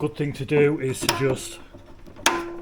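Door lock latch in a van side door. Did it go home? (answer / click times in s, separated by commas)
yes / 2.3 s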